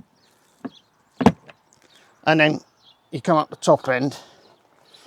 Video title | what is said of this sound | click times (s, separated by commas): Meteor 350 - Official Royal Enfield Long Haul Panniers - First Impressions Review With Ruby 🐶 | That goes in with a nice click quite easily. | 1.3 s